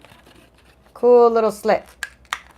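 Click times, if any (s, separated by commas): 2.3 s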